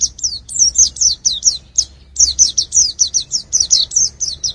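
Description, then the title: White-eye song, a high, rapid chattering of downslurred notes with one brief break, steady in pace throughout. "Burung Campur3. pleci usro"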